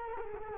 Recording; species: mosquito wingbeat signal from an infrared sensor; Culex quinquefasciatus